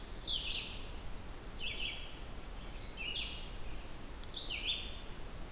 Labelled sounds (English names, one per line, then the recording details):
Red-eyed Vireo song
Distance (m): 30 m
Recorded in boreal forest in Alberta, Canada, on 16 June 2016 at 08:45
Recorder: SongMeter 3, array SBT-3-32
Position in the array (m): 49 m, 10 m